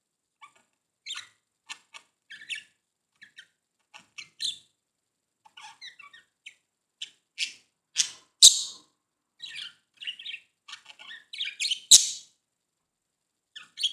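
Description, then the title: Budgerigar chirps and clicks, scattered short notes with a few sharp louder squawks and bursts of chatter. "Budgie Sounds"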